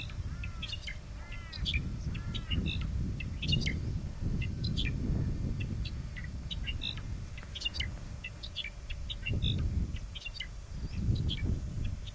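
Brown songlark singing in bursts of grating, metallic notes and quick high chirps throughout, with constant low-pitched background rumble beneath.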